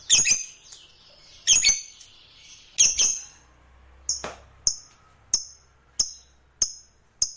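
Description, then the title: Lovebird calling with harsh squeaky chirps at first, then thin high ticks spaced about every half second. Fighter-type lovebird; title names ngekek panjang (long ngekek). "Begitu Dengar Suara Lovebird FIGHTER NGEKEK PANJANG"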